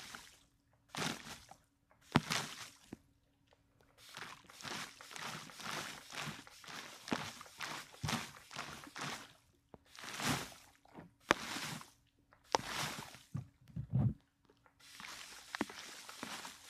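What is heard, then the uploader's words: A spray bottle spritzes in quick, irregular bursts of bright hiss with sharp trigger clicks, over a faint steady low hum. Water & liquid sounds, spray bottle, water globes.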